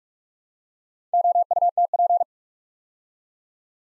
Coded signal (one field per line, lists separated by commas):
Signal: Morse code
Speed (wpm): 44 wpm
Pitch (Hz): 700 Hz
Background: none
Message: OUTP